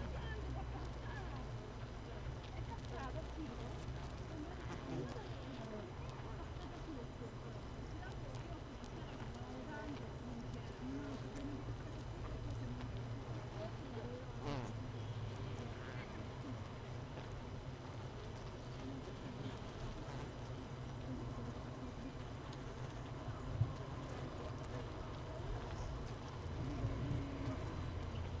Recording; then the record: honeybee colony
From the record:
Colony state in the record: missing queen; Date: 31 May 2018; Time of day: 15:56